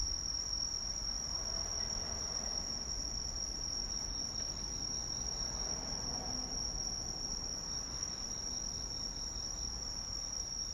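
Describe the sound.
Cricket calling: a continuous high, steady tone held without pause, with low rumble underneath.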